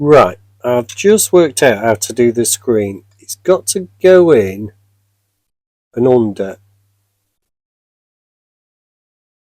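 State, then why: Not seated. Someone talks while the plastic windscreen of a Matchbox BMW 750iL diecast model car is fed in and under the opening of the diecast body, ready to be pushed forward to click home. Speech fills roughly the first 5 seconds, with a short burst of talk near 6 seconds, then near-silence. The windscreen has not clicked into place yet.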